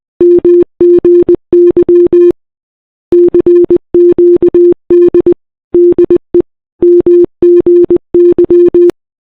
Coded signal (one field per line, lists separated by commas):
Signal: Morse code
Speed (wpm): 20 wpm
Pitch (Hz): 350 Hz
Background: none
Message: MGY CQD DE MGY